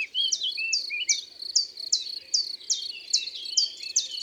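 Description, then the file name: Common chiffchaff song, a regular run of sharp high notes, with a few quieter bird notes in the background. "Pouillot veloce"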